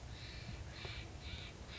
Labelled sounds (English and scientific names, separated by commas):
Steller's Jay (Cyanocitta stelleri)